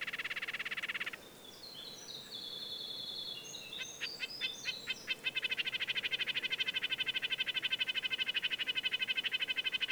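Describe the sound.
Red-breasted nuthatch in a quick nasal rattle that breaks off while another bird sings high, thin twittering notes, then resumes in a long buzzy run.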